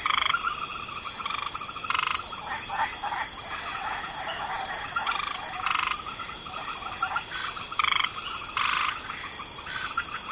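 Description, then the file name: Several frogs croaking in uneven rattling bursts, some louder pulses standing out, while a high insect buzz runs beneath throughout. Light chorus of frogs in a swamp ambience. "Swamp Ambience 2 Special Mix Light Chorus of Frogs"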